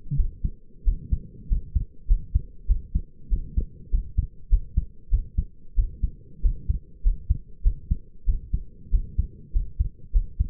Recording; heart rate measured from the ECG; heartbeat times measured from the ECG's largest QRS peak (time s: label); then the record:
heart sounds by stethoscope; 96 bpm
0.17 s: heartbeat
0.85 s: heartbeat
1.49 s: heartbeat
2.07 s: heartbeat
2.67 s: heartbeat
3.30 s: heartbeat
3.91 s: heartbeat
4.50 s: heartbeat
5.10 s: heartbeat
5.76 s: heartbeat
6.42 s: heartbeat
7.03 s: heartbeat
7.63 s: heartbeat
8.26 s: heartbeat
8.91 s: heartbeat
9.53 s: heartbeat
10.12 s: heartbeat
From the record:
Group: healthy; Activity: rest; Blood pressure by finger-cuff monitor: 118/65 mmHg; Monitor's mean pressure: 80 mmHg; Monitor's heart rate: 97 bpm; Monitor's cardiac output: 7.4 L/min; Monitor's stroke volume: 76 mL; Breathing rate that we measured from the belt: 23 breaths a minute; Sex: male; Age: 22 years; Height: 181 cm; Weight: 60 kg